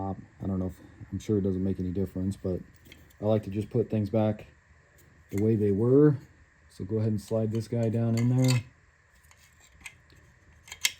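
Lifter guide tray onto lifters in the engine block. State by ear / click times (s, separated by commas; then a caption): seated / 10.8 s. Someone talks while a lifter guide tray is slid down over the lifters in the engine block of a Ford 6.0 Powerstroke diesel being rebuilt. After the speech, a few light metallic taps lead to a sharp click at 10.9 s as the tray is pressed on and locks onto the lifters.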